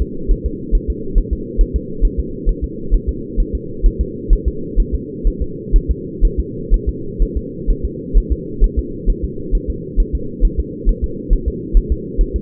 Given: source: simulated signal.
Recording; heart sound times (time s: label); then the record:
fetal heart sounds
0.02 s: S2
0.31 s: S1
0.46 s: S2
0.75 s: S1
0.90 s: S2
1.18 s: S1
1.33 s: S2
1.61 s: S1
1.76 s: S2
2.05 s: S1
2.20 s: S2
2.49 s: S1
2.64 s: S2
2.94 s: S1
3.09 s: S2
3.40 s: S1
3.55 s: S2
3.86 s: S1
4.01 s: S2
4.33 s: S1
4.48 s: S2
4.80 s: S1
4.95 s: S2
5.27 s: S1
5.42 s: S2
5.76 s: S1
5.91 s: S2
6.25 s: S1
6.40 s: S2
6.74 s: S1
6.89 s: S2
7.22 s: S1
7.37 s: S2
7.70 s: S1
7.85 s: S2
8.17 s: S1
8.32 s: S2
8.64 s: S1
8.79 s: S2
9.10 s: S1
9.24 s: S2
9.55 s: S1
9.70 s: S2
10.00 s: S1
10.15 s: S2
10.45 s: S1
10.59 s: S2
10.89 s: S1
11.04 s: S2
11.33 s: S1
11.48 s: S2
11.77 s: S1
11.92 s: S2
12.21 s: S1
12.36 s: S2
From the record:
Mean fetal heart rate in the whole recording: 130 bpm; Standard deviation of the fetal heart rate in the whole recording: 4 bpm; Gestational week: 38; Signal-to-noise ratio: -4.3 dB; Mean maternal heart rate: 72 bpm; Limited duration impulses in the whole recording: absent